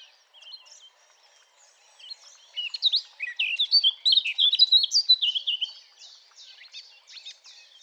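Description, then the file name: Eurasian blackcap singing: soft twittering that builds into a loud, fast sequence of varied whistled and warbled notes, then fades back into quieter chattering. "Sylvia atricapilla"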